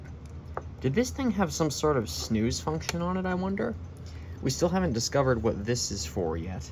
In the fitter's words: that piece of wire slides back and it locks in place